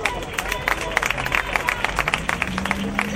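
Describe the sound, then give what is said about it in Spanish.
A crowd at a 15M neighbourhood assembly in Usera claps in scattered, uneven bursts over a steady wash of murmuring voices, the sharp hand claps rising and falling without a settled rhythm. “Perdonad, recordamos que el aplauso es así, viene del lenguaje de signos, ¿vale?”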